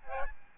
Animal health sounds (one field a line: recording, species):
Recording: mosquito wingbeat signal from an infrared sensor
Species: Aedes albopictus